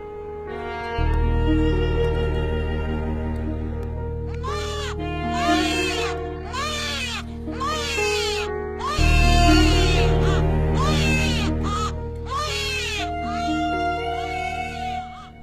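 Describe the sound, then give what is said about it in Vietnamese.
A child cries in a series of high, wavering wails, each rising and falling in pitch, over a low steady droning hum that swells twice. No one speaks. “chỉ thấy loáng thoáng đâu đó tiếng đứa trẻ con khóc vẫn cứ vang lên, thê thiết lắm.”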